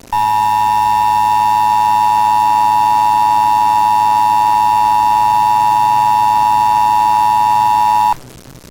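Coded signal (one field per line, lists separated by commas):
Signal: Emergency Alert System (SAME) tones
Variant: 853 and 960 Hz attention tone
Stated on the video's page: Fan-made recreation of an EAS Required Monthly Test styled after Chicago/Cook County alerts, not a real alert.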